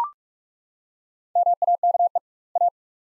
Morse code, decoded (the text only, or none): MAKE A